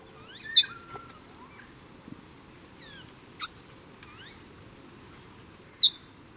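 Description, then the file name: Bird giving three sharp, high chirps a few seconds apart, with faint rising and falling whistled notes between them over a steady high-pitched hum. "SABIOD 50 bird 2015"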